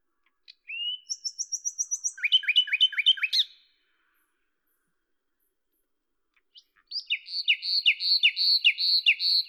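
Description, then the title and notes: Common nightingale song: a rapid run of high repeated notes and lower chirps, a silent gap, then another quick series of repeated notes. Recorded at Lavours, Ain, France on 10 May 1998 with a Tascam DAP-1 and Télingua microphone; edited in Samplitude 5.1. "D83, 01350 Lavours, France - rossignol à LAVOURS. 10/05/1998"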